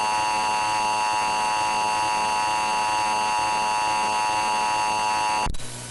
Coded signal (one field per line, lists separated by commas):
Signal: Emergency Alert System (SAME) tones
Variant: 853 and 960 Hz attention tone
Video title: TWSASTMAEBT707 Shadow Projects And Friends Pictures Emergency Alert System [FREE-TO-USE]